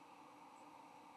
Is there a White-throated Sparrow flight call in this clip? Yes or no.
no